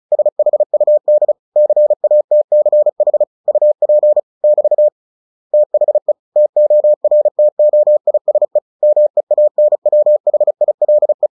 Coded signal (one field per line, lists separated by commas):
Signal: Morse code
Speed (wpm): 36 wpm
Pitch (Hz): 600 Hz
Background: none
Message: SHUD CATCH UP <BT> THE TORTOISE MEANWHILE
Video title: CW short story/Headcopy practice 35WPM. Tortoise and the Hare